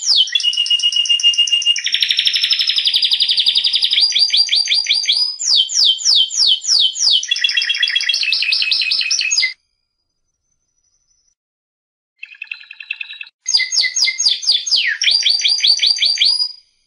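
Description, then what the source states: Canary song with dense rolling trills and rapid sweeping notes for nine seconds, a silent gap, a softer trill, then more loud rapid repeated notes. Canary presented as a competition first-place winner, singing in full, energetic voice.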